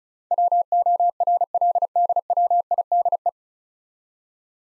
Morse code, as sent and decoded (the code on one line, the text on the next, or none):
.-- --- .-. .-.. -.. .-- .. -.. .
WORLDWIDE